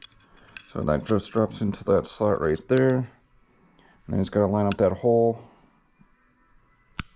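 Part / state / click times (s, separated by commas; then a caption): safety into rifle trigger housing / seated / 7.0 s. While someone talks, the metal safety of an M1 Garand rifle's trigger group is dropped into its slot in the trigger housing during reassembly and pushed until its hole lines up. A single sharp metallic click at 7.0 s marks the safety clicking into place, fully seated.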